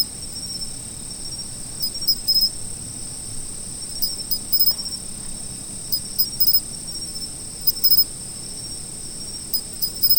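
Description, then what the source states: Insects keep up a persistent high-pitched trill while louder pulsed chirp bursts come in clusters every couple of seconds. Autumn.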